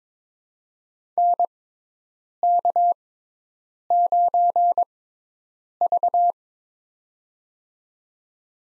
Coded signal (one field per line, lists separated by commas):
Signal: Morse code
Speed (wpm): 22 wpm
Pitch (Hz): 700 Hz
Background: none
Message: NK9V